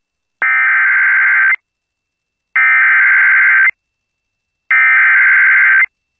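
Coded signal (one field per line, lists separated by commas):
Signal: Emergency Alert System (SAME) tones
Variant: header bursts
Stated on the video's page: Severe thunderstorm warning for Springfield, Missouri, received on NOAA weather radio.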